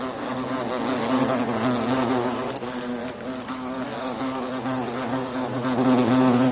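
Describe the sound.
European hornet buzzing steadily, a loud low hum with slight pitch wobbles, briefly easing mid-way before growing stronger toward the end.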